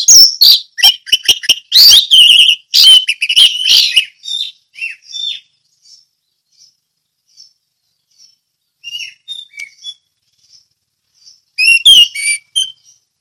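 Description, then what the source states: Orange-headed thrush song, a dense loud opening of varied notes fading into scattered soft high ticks, then a brief final outburst. Song in the ngeplong style.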